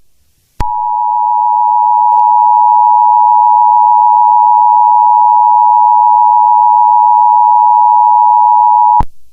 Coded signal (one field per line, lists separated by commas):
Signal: Emergency Alert System (SAME) tones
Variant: 853 and 960 Hz attention tone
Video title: Poppy Playtime Chapter 2 EAS Huper Extended (NOT A REAL EAS NOT ON THE AIR) May Have Valid EAS Tones